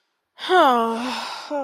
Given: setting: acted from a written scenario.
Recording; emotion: vocal sound without words; guilt